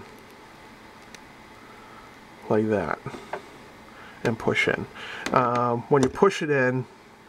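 A crimped terminal pin is handled and pushed toward a plastic connector housing during wiring work, with a small jeweler's screwdriver available to push it home if it isn't fully in. Someone talks over faint handling noise, with a brief faint tick near 1.1 s. The clip ends before the pin goes home, and nothing has seated or clicked yet.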